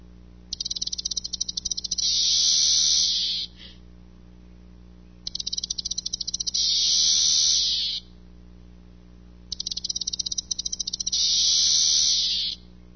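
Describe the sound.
Cicada song repeated three times: a stuttering run of clicks swelling into a continuous shrill buzz, then silence between phrases.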